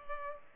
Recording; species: mosquito wingbeat signal from an infrared sensor; Culex pipiens